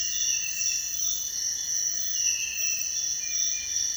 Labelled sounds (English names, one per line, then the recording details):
none
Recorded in dense forest near Puerto Asís, Putumayo, Colombia, on 22 June 2025 at 04:30
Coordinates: 0.468, -76.322
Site GP03